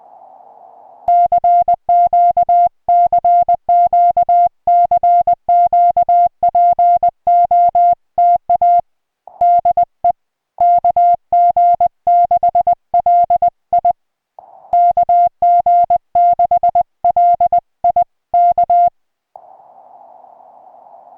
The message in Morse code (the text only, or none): CQ CQ CQ POTA DE KG6LI KG6LI K